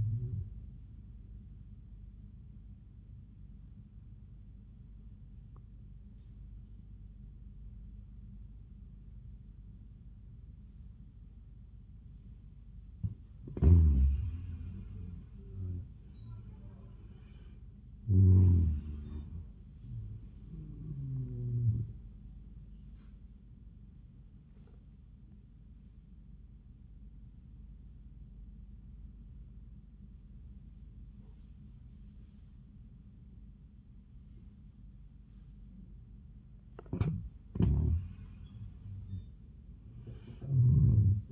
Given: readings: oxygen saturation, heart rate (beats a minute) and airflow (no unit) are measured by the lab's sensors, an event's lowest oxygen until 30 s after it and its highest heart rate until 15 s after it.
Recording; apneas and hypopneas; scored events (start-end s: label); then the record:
breathing in sleep by a smartphone at the bedside; 2
4.00-14.50 s: obstructive apnea (N1, oxygen 92% highest, then 86% lowest)
25.00-36.90 s: obstructive apnea (N1, oxygen 93% highest, then 87% lowest)
From the record:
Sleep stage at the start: N1 (lightest sleep); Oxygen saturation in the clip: 86 to 95%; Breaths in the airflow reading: 5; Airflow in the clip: -21.1 to 19.0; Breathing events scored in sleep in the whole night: 400 in 8.7 hours asleep